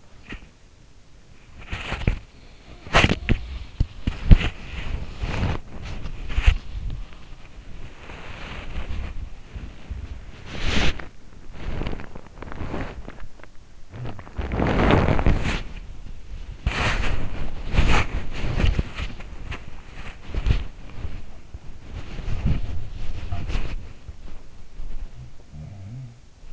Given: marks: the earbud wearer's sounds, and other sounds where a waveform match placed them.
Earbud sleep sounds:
sounds in sleep by an in-ear microphone; body movement
0.00-26.53 s: body movement
2.44-3.96 s: sound from someone else or the room
13.91-15.74 s: sound from someone else or the room
21.49-23.99 s: sound from someone else or the room
24.93-26.53 s: sound from someone else or the room

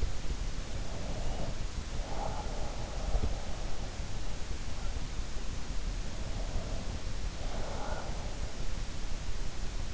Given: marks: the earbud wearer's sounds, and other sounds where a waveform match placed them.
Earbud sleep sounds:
sounds in sleep by an in-ear microphone; breath
0.00-2.70 s: breath
5.24-8.13 s: breath

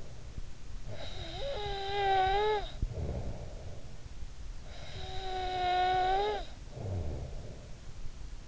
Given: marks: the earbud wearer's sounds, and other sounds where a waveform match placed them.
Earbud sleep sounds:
sounds in sleep by an in-ear microphone; snoring breath
0.00-8.48 s: snoring breath

